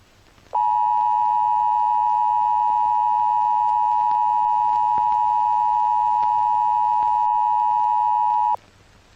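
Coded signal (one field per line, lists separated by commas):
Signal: Emergency Alert System (SAME) tones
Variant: 853 and 960 Hz attention tone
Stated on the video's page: Fictional EAS scenario tones.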